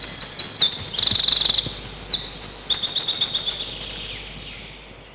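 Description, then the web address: Eurasian wren song, energetic high warbling with rapid trills and abrupt ringing notes, fading at the end, with constant hiss beneath. Recorded in spring. "vremena vesna krapivnik"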